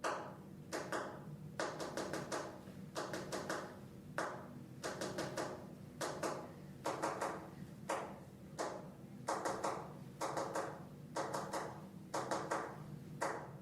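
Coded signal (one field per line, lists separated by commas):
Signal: tap code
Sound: groups of sharp wooden knocks, two to five per group, with short pauses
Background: small room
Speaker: you looked up the knock code and there was probably a messaging in there okay You Want to Play It Again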